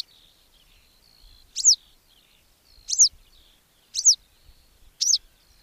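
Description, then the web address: Western yellow wagtail uttering four high, down-slurred call notes spaced about a second apart over a faint steady high hiss. "agykontroll Madardalok Cd 3. Sárga billegető"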